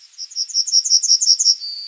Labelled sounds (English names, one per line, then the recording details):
Yellowhammer song
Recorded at under 5 m from the bird
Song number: 022